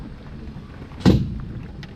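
A differential locker coupling in the axle of an off-road vehicle is engaged by the driver, who waits to hear it clunk into place. Over a low, steady rumble, a heavy clunk sounds at 1.1 s, followed by a couple of faint ticks. The lockers are confirmed seated and on.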